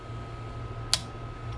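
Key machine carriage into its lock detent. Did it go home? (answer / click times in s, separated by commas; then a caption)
yes / 0.9 s. The carriage of a key cutting machine is pushed down until its spring-loaded knob latch engages the lock detent. A single sharp click sounds at 0.9 s over a steady background hum. The carriage is seated back in its locked position.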